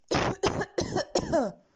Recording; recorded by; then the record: voluntary cough; messaging app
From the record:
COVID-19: negative